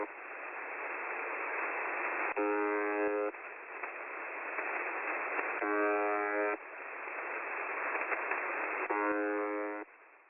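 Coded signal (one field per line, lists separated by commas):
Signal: channel marker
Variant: UVB-76 (The Buzzer)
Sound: rough buzzing tone lasting about one second, repeating three times between stretches of hiss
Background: radio static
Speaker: it's basically a Russian military channel marker, designed to keep a frequency clear so that traffic can be sent. It usually sounds like this.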